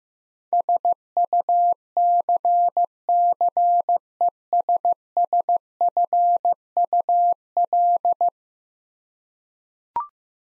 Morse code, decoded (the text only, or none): SUCCESSFUL